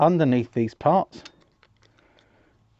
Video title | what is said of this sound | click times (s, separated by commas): Hauptner Electric Reassembly | Hear it click into place, so that's held into place there. | 1.6 s